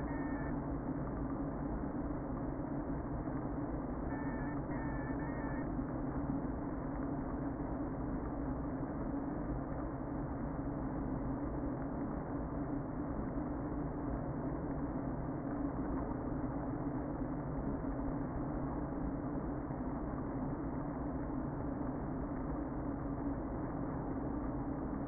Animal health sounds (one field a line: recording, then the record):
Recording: honeybee colony, microphone inside the hive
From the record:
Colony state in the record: queen present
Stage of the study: before two queens were removed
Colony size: about 60,000 bees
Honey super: yes